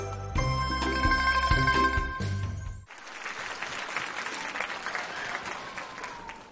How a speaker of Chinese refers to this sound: 谢谢 谢谢， 感谢大家热烈的掌声啊， 谢谢各位。